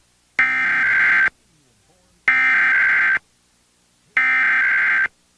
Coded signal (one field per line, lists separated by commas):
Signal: Emergency Alert System (SAME) tones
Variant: header bursts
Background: speech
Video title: Monthly EAS Tests from 9/6/23-9/7/23 (EAS #1,466-1,477)